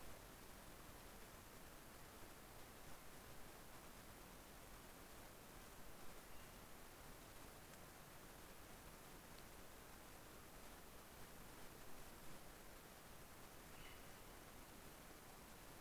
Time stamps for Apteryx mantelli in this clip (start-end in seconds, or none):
none